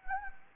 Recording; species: mosquito wingbeat signal from an infrared sensor; Anopheles gambiae